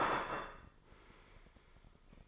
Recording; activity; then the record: daily activity, microphone in the room; place plate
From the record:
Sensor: 5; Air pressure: 995.4 hPa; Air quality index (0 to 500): 86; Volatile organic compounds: 4 ppm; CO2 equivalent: 1604 ppm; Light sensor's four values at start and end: 24/59/23/22 and 24/59/23/22